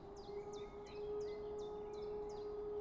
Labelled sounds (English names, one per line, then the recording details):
Common Chiffchaff
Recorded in Germany
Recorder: ecoPi